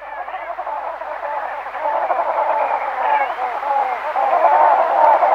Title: Parina Grande O Flamenco Andino (cortejo Grupal)